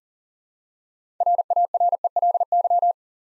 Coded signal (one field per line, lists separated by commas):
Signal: Morse code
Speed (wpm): 42 wpm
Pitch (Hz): 700 Hz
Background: none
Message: RARELY